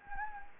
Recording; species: mosquito wingbeat signal from an infrared sensor; Anopheles gambiae